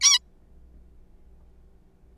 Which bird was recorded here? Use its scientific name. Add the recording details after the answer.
Taeniopygia guttata. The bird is a juvenile. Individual R3428